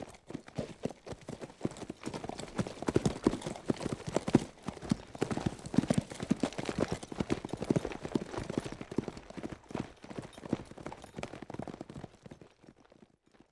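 Horse galloping, a dense, fast drumming of hoofbeats throughout, fading out near the end.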